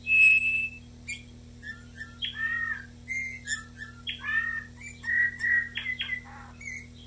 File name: Male Pyrrhula pyrrhula pyrrhula 19 04 94